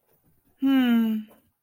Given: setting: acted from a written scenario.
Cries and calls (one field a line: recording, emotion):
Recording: vocal sound without words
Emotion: neutral